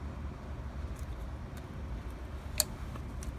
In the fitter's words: So you heard that snap, that click.